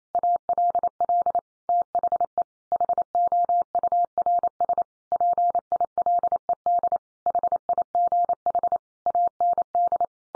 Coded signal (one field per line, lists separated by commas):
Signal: Morse code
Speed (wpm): 28 wpm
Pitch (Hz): 700 Hz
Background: none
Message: ALL THE HOURS PILED HIGH AND